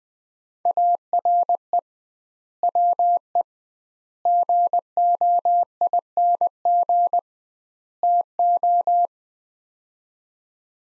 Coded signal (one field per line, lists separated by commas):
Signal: Morse code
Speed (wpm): 20 wpm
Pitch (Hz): 700 Hz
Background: none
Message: ARE WE GOING TO